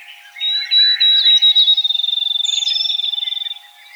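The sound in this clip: Field sparrow song: clear high whistled notes that start slowly and speed up into an even, rapid trill, the song lasting about three seconds, with a faint higher note.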